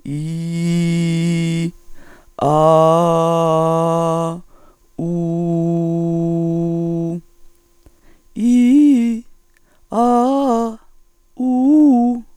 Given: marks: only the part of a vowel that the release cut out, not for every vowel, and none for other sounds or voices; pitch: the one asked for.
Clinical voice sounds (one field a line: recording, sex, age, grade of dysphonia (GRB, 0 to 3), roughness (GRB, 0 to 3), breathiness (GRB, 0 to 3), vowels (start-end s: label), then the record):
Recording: sustained vowels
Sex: female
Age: 40 to 49 years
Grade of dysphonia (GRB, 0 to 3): 2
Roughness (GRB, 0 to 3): 1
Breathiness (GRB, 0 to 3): 2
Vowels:
0.28-1.59 s: vowel /i/, low pitch
2.56-4.16 s: vowel /a/, low pitch
5.15-6.99 s: vowel /u/, low pitch
8.48-9.07 s: vowel /i/, low-high-low pitch
10.02-10.59 s: vowel /a/, low-high-low pitch
11.46-12.09 s: vowel /u/, low-high-low pitch
From the record:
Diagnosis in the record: functional dysphonia, psychogenic dysphonia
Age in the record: 44 years